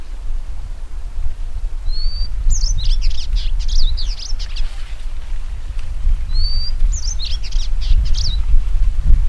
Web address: Indigobird Song Vidua purpurascens